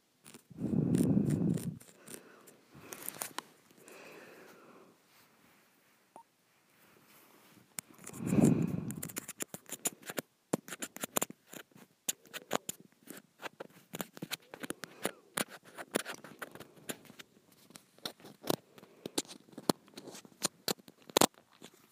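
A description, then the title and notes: Fingernails scratch textured plastic in dry clicks and rasps, with two louder low-toned rubbing bursts near the start and around eight seconds. ASMR Scratching a Textured Plastic.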